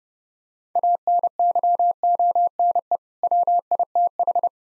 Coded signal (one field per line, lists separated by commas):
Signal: Morse code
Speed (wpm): 30 wpm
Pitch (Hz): 700 Hz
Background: none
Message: ANYONE WITH